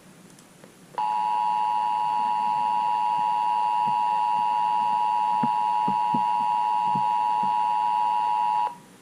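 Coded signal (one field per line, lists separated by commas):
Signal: Emergency Alert System (SAME) tones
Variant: 853 and 960 Hz attention tone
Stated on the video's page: KDKA Required Weekly Test on KDKA AM, then relayed on KPL20.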